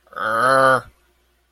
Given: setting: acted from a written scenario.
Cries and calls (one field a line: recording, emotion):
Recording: vocal sound without words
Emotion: contempt